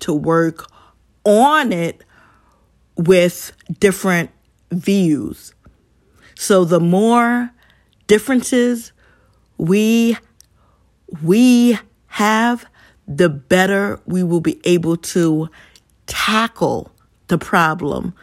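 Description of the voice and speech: A woman speaks in short, broken bursts with long silent gaps. She repeats the word "we" twice before moving on, stretches several sounds, and stalls on the start of "tackle." She is an adult who stutters and stumbles upon words. These repetitions, prolongations and blocks are typical of stuttering.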